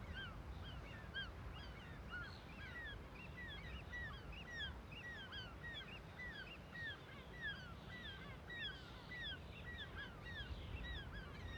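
Gulls giving alarm calls: a dense chorus of short, rising, squealing notes from many birds, over constant low rumble.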